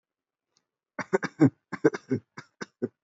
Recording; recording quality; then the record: shallow voluntary cough; excellent, no background noise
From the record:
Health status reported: healthy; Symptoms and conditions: none ticked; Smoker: not ticked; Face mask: not worn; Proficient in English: yes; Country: India